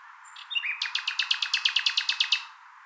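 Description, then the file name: Common nightingale delivering a short phrase: a few soft notes, then a rapid rattle of many even, loud notes. "Luscinia megarhynchos"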